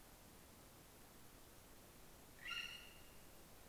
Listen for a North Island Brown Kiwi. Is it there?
no